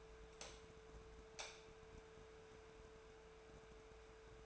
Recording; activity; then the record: daily activity, microphone in the room; light on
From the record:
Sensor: 2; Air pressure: 1014.6 hPa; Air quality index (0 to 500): 184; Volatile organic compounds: 14 ppm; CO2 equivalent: 2446 ppm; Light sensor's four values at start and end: 29/71/31/34 and 31/81/34/37